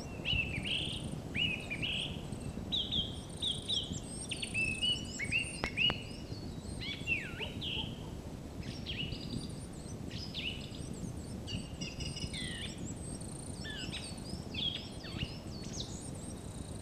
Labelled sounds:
Song Thrush (Turdus philomelos) song
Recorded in the wild
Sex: male
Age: adult
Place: Mirnock, Kärnten, AT
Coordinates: 46.75, 13.73
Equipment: Hornyphon, Phillips Mikrofon
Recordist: Brunner, Thomas

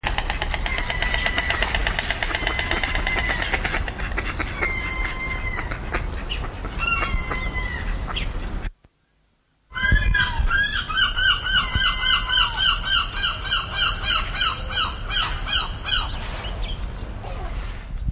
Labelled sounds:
European Herring Gull (Larus argentatus) call, White Stork (Ciconia ciconia)
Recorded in captivity
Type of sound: call sequence
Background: Ciconia ciconia
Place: Zoo Osnabrück, Niedersachsen, DE
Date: 1991-09-09 10:47
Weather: overcast, 13°C
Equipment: Marantz CP 430, Kopie Tesla B 116
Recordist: Tembrock, Günter
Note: Rufreihe

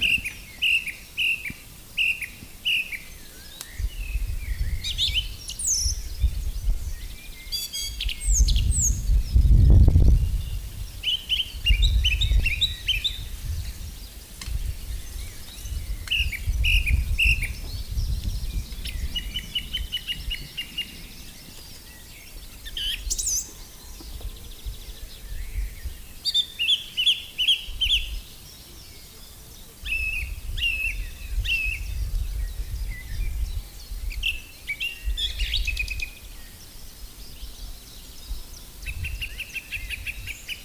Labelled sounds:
Song Thrush (Turdus philomelos) song
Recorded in the wild
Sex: male
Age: adult
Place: Lübars (Fließtal), Berlin, DE
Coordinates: 52.6167, 13.35
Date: 2000-06-04 14:29
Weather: fair, 27°C
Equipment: Nagra SN, Kopie Uher 4000 Report Monitor
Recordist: Tembrock, Günter

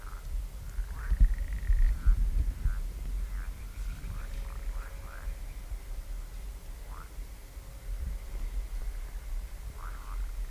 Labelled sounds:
Great Bittern (Botaurus stellaris) call
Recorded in the wild
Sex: male
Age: adult
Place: Parsteiner See, Barnim, Brandenburg, DE
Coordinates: 52.9583, 13.9842
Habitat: reed
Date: 2006-05-09 22:03
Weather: klare Nacht, 15°C, schwacher bis mäßiger Nordwind
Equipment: Marantz PMD 660, Sennheiser MKH 70, -20dB, Windkorb
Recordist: Frommolt, Karl-Heinz

